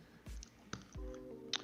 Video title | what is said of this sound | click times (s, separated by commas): Hot Toys Moff Gideon Season 3 Unboxing | No, it didn't lock into place. It sounded like it did. | 1.5 s